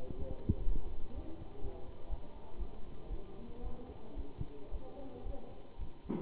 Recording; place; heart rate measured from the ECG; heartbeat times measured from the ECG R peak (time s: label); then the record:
heart sounds by stethoscope; between the tricuspid and mitral areas; 118 bpm
0.17 s: heartbeat
0.66 s: heartbeat
1.13 s: heartbeat
1.61 s: heartbeat
2.09 s: heartbeat
2.58 s: heartbeat
3.09 s: heartbeat
3.62 s: heartbeat
4.16 s: heartbeat
4.71 s: heartbeat
5.25 s: heartbeat
5.78 s: heartbeat
From the record:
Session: Bruce protocol treadmill stress test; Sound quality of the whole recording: good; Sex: male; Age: 23 years